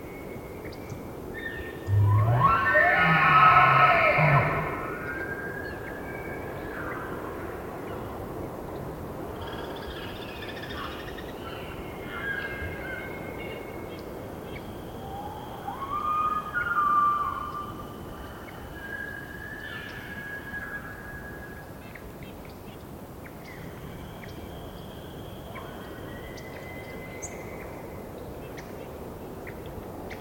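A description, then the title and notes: A bull elk lets out a loud, rising bugle around three to five seconds in, with a low grunting base under a piercing whistle. Fainter, more distant bugles and squealing whistles follow near ten, sixteen and twenty seconds over a steady low rumble of wind. It was rutting season in the Colockum Wildlife area. These are raw tracks, down-mixed to stereo (from double-m/s), normalized to -23 LUFS and down-sampled to 48k with no other filtering. Some occasional gusting still noticeable in the trees. Elk, mostly bulls bugling, screaming, roaring, whistling, and chirping.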